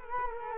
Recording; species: mosquito wingbeat signal from an infrared sensor; Culex quinquefasciatus